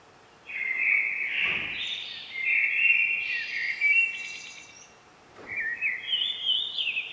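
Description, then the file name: Common blackbird song, loud mellow fluted phrases with high squeaky twitters, two phrases with a brief gap, plus a couple of soft thumps. "Turdus merula"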